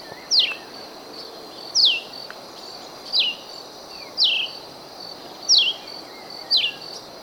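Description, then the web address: Red-eyed vireo giving short, sharply descending slurred notes, about six over seven seconds at uneven intervals, over a steady high insect whine. Recorded in Ecuador. "Birds of Ecuador. Red-eyed Vireo"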